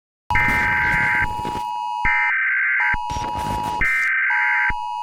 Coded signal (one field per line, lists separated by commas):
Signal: Emergency Alert System (SAME) tones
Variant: header bursts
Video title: Remastered EAS scenario: Moon collision ￼| EAS scenario